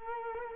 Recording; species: mosquito wingbeat signal from an infrared sensor; Culex quinquefasciatus